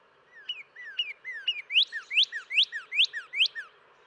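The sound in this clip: Northern cardinal song: three clear downslurred whistles, then five louder two-part phrases, each rising sharply then dropping to a lower slur, about every 0.4 seconds.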